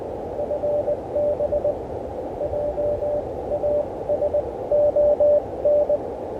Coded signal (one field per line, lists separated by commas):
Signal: Morse code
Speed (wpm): 18 wpm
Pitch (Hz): 590 Hz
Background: none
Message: FB JASON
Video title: Testing the Elecraft KH1 Internal Logger with a 16 WPM CW Morse Code Parks on the Air Activation